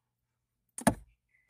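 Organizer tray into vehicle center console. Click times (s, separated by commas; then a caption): 0.8 s, 0.9 s. A plastic center console organizer tray with built-in charging ports, a newer version with cutaways at its ends so the cover seats properly, is pressed into the center console opening of a 4Runner. Two sharp knocks ring out at 0.8 s and 0.9 s, followed by quiet. The tray is seated and locked in place.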